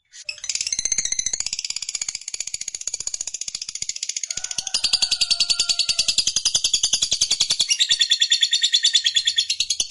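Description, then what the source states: Lovebird song: a rapid, unbroken chatter of high buzzy chirps that grows louder midway, with a faint lower whistled note in the middle. Fighter lovebird singing energetically (gacor).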